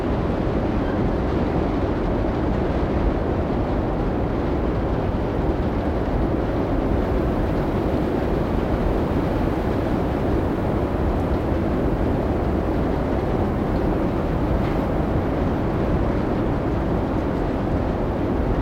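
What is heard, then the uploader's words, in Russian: An Icelandic blizzard with roaring wind fills the whole stretch as one dense, unbroken rush. The sound sits heavy and low, with a rumbling, vehicle-like texture and little brightness on top. Loudness holds nearly level throughout, with only faint flickers of gusting. Атмосфера Зимнего Шторма | Исландский Метель и Воющий Ветер. Запись, сделанная в течение ночи во время мощной снежной бури Дидду в Рейкьявике, позволит вам испытать настоящие и неукротимые звуки воющих ветров и кружащегося снега.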